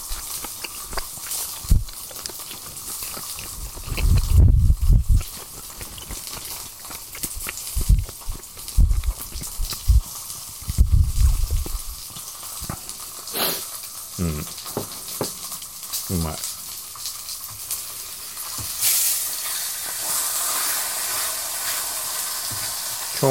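Food cooks in a frying pan over a portable gas stove, with a steady hiss and sizzle running the whole time. Low, muffled thumps and chewing-like knocks come in bursts, heaviest around four to five and eleven seconds, with a sharp click near thirteen seconds.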